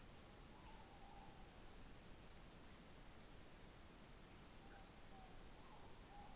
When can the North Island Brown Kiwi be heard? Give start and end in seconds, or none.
none